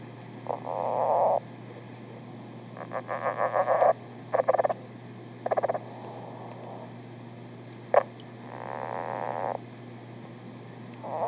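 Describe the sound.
Lowland leopard frog call: long low snores alternating with rapid pulsed click series that speed up, over a continuous low background hum.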